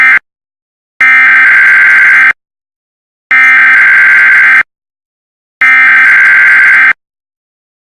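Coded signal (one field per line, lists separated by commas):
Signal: Emergency Alert System (SAME) tones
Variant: header bursts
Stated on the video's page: EAS tones, possibly valid.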